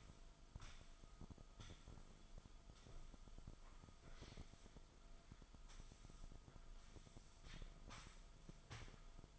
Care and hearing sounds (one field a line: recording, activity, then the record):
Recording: daily activity, microphone in the room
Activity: sweep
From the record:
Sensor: 5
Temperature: 24.0 degrees Celsius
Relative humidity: 36.6%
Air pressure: 1004.8 hPa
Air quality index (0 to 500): 95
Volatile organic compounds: 2 ppm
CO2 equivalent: 1146 ppm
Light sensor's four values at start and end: 34/80/32/31 and 34/81/32/31